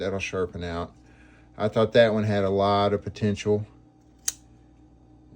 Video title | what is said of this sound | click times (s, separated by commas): Knife haul/ inventory preview | It has good snap if you can hear it. | 4.3 s